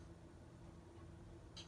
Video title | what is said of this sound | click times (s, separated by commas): Gentle Lead Video | and you'll hear a click as it locks. | 1.6 s